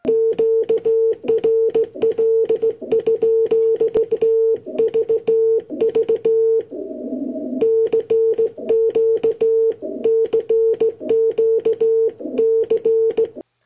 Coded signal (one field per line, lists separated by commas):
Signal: Morse code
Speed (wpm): 16 wpm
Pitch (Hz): 450 Hz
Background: none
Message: QRL? TVV CQ CQ C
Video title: What is Morse Code - An general explanation of Morse Code for Kids